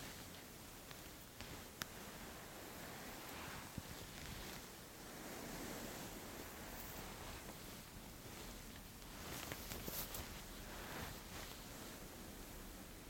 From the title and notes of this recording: Insanely Stimulating Eyebrow & Beard Measuring, Trimming, Massage. Scissors, fabric rustling, head massaging.